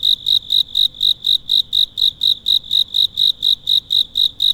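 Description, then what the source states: Cicada calling in a fast, even rhythm, with bright, rasping high pulses about four per second throughout. Calling at night.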